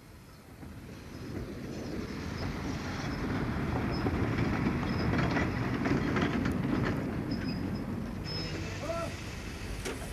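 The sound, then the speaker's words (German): An express train (D-Zug) from Prague to Asch rumbles steadily along the rails, its dense low roar swelling and holding for about ten seconds, with faint rhythmic clatter and brief high squeals of wheels over the tracks. “Am 10. September überfuhr der D-Zug Prag-Asch infolge eines Komplotts zwischen dem Lokomotivführer Jaroslav Kovalenka und dem Bahnhofsvorsteher Karel Truxa die tschechische Grenze bei Asch”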